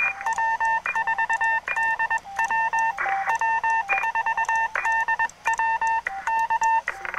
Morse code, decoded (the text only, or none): W4DW W4DW K